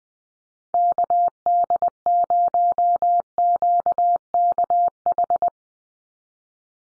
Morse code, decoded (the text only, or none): KD0QKH